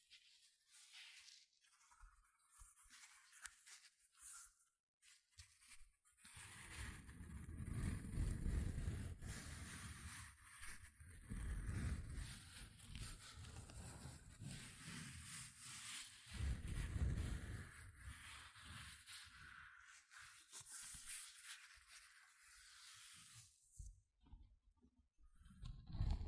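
Gentle scratching sounds, starting sparse and light with soft ticks and brushing for the first six seconds. Then a denser, steady rasping with a low rumbling undertone takes over, swelling and easing in waves, before thinning out near the end.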